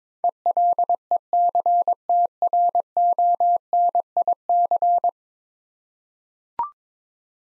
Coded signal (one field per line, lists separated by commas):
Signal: Morse code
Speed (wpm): 22 wpm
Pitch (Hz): 700 Hz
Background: none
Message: ELECTRONIC